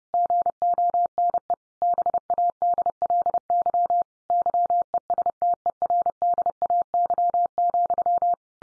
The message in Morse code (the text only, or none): GONE BADLY YESTERDAY,